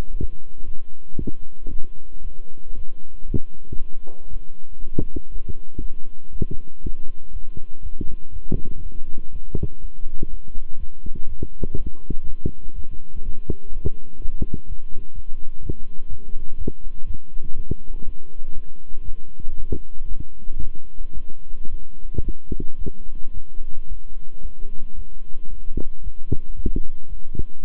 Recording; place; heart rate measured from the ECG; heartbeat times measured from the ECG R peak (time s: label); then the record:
heart sounds by stethoscope; between the tricuspid and mitral areas; 118 bpm
0.11 s: heartbeat
0.64 s: heartbeat
1.17 s: heartbeat
1.70 s: heartbeat
2.22 s: heartbeat
2.74 s: heartbeat
3.26 s: heartbeat
3.77 s: heartbeat
4.29 s: heartbeat
4.80 s: heartbeat
5.30 s: heartbeat
5.80 s: heartbeat
6.30 s: heartbeat
6.81 s: heartbeat
7.31 s: heartbeat
7.81 s: heartbeat
8.31 s: heartbeat
8.81 s: heartbeat
9.31 s: heartbeat
9.80 s: heartbeat
10.29 s: heartbeat
10.78 s: heartbeat
11.27 s: heartbeat
11.76 s: heartbeat
12.25 s: heartbeat
12.74 s: heartbeat
13.23 s: heartbeat
13.72 s: heartbeat
14.20 s: heartbeat
14.67 s: heartbeat
15.14 s: heartbeat
15.61 s: heartbeat
16.08 s: heartbeat
16.57 s: heartbeat
17.05 s: heartbeat
17.54 s: heartbeat
18.04 s: heartbeat
18.53 s: heartbeat
19.04 s: heartbeat
19.56 s: heartbeat
20.07 s: heartbeat
20.59 s: heartbeat
21.13 s: heartbeat
21.69 s: heartbeat
22.23 s: heartbeat
22.77 s: heartbeat
23.33 s: heartbeat
23.87 s: heartbeat
24.41 s: heartbeat
24.94 s: heartbeat
25.49 s: heartbeat
26.02 s: heartbeat
26.55 s: heartbeat
27.08 s: heartbeat
27.61 s: heartbeat
From the record:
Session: walking at 3.7 km/h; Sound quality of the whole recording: good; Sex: male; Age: 26 years